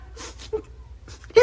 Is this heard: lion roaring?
no